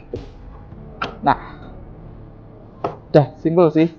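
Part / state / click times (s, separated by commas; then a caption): stand foot into TV base slot / seated / 1.0 s. A screwless plastic/metal stand foot is pushed into its slot on the base of a Samsung 50DU8000 TV until it latches, with a sharp click at 1.0 s. Someone talks during the clip. The foot is seated.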